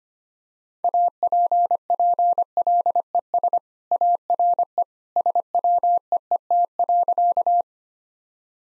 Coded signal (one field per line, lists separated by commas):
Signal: Morse code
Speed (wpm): 25 wpm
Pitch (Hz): 700 Hz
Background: none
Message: APPLES ARE SWEET.